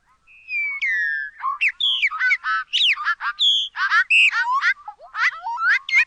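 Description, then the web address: Bobolink song, a long bubbling, jumbled cascade of rapid metallic and twangy notes that jump up and down in pitch, running continuously for several seconds. North America, a common western species. "Songs of Birds of North America Know Your Bird Sounds Common Western Species. Bobolink"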